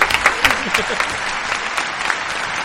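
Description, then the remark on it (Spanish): A short burst of steady clapping from a group of people, dense and crackly, with a few louder claps at the start and some faint voices mixed underneath. “Un par de los aplausos”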